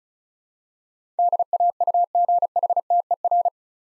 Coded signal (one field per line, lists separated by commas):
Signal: Morse code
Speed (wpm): 34 wpm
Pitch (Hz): 700 Hz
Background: none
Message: DAUGHTER